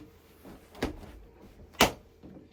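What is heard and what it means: A ski boot's toe is lined up with the black marker on a Marker King Pin alpine touring pin binding and pressed down until the spring-loaded metal toe pins clamp into the boot's toe inserts. A softer knock comes at about 0.8 s, then a sharp metallic snap at 1.8 s as the toe seats in the binding.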